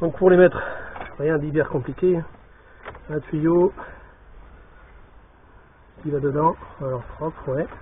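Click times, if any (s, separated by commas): none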